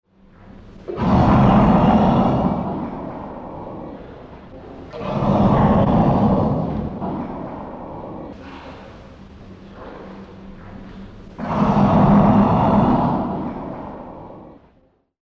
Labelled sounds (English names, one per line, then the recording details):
African Elephant
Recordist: Tembrock, Günter
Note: Grollen eines halbwüchsigen Tieres